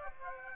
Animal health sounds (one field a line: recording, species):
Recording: mosquito wingbeat signal from an infrared sensor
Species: Aedes aegypti